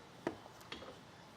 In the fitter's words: this will snap into place right there in the compact or the portable position